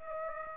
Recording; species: mosquito wingbeat signal from an infrared sensor; Aedes aegypti